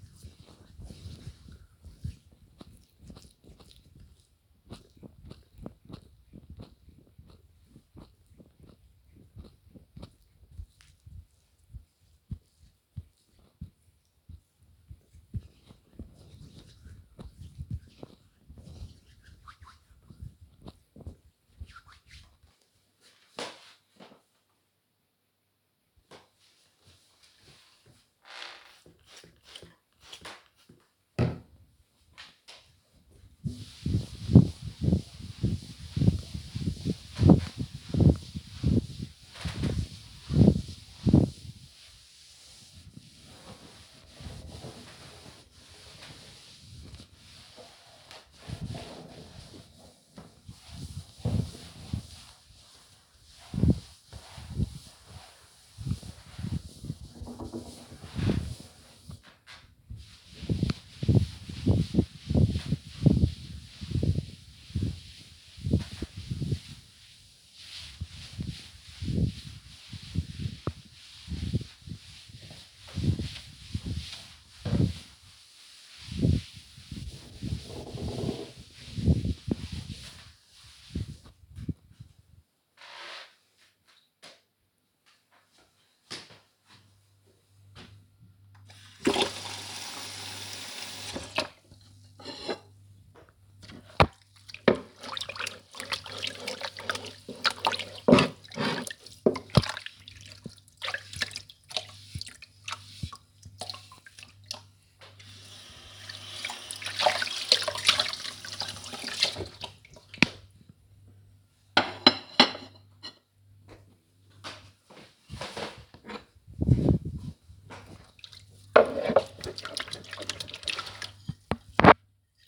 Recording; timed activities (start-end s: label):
household activities, microphone on the right wrist
0.00-21.63 s: cream hands
28.65-79.90 s: cleaning table
100.03-122.48 s: washing dishes